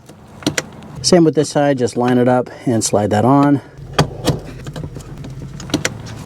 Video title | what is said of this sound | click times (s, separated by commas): 1999 - 2013 Chevrolet Silverado 1500 5.3 Vortec Cracked Radiator Replacement - How to Replace - DIY | Just push that on until you hear it click. | 0.5 s, 0.6 s